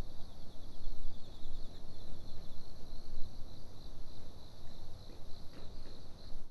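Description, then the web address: Cricket calling, a steady high trill held throughout over heavy low rumbling background noise. Recorded in a parking area on 29 September 2011. "fukudai parking 110929 cricket"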